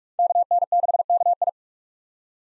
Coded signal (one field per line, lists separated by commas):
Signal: Morse code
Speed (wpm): 46 wpm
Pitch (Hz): 700 Hz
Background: none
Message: KN6KI